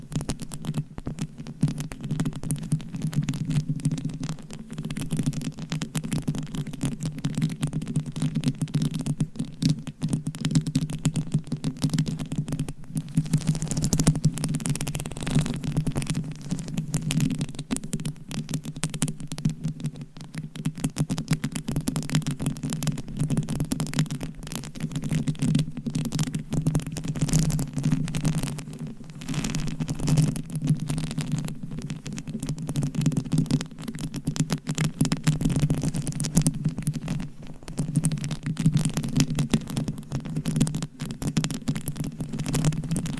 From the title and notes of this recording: ASMR Mic Scratching & Tapping on DIY Mic Cover. Asmr No Talking.